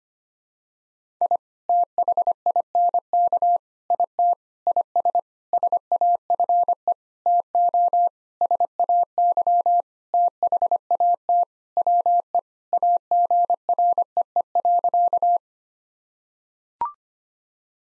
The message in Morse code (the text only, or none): I THINK IT IS SAFE TO SAY THAT WE AGREE.